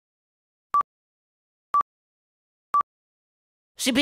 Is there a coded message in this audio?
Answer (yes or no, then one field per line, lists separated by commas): no